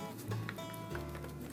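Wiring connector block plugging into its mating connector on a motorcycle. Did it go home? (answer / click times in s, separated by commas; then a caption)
no / none. On a 1984 Honda VF750F motorcycle, the plastic multi-pin wiring connector block, which has no clip that snaps back, is handled and brought to its mating connector after a new positive battery lead is fitted, with music playing underneath. Brief handling knocks are heard near 0.5 s and 1.0 s, but the clip ends before the block goes home, so nothing has seated or clicked yet.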